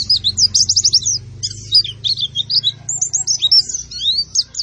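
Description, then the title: White-eye singing fast, high-pitched twittering phrases of sharp chips and slurred squeaky notes, broken by brief gaps, over a soft low background hum. Bird singing in intense, continuous 'gacor' style, reportedly fed only banana without doping supplements. "Pleci Gacor Tanpa Doping Hanya Pake Pisang"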